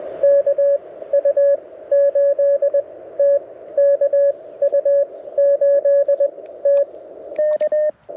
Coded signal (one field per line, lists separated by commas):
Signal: Morse code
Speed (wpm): 21 wpm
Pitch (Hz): 590 Hz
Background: radio noise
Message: KU8T KU8T K